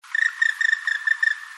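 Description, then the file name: Black woodpecker calling: a quick series of several harsh, ringing notes on one pitch, delivered evenly in just over a second. "kumagera"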